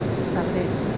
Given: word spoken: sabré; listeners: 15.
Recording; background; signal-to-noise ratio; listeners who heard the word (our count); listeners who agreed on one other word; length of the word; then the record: one Spanish word in noise, from a listening test; speech-shaped noise; -4.5 dB; 1 of 15; 9 of 15; 0.57 s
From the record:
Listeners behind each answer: 9, 2, 1, 1, 1, 1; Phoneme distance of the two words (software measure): 14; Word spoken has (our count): 2 syllables, 5 phonemes, stress on syllable 2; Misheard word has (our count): 2 syllables, 5 phonemes, stress on syllable 2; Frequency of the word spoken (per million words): 2.56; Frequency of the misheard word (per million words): 200.86